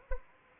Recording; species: mosquito wingbeat signal from an infrared sensor; Anopheles arabiensis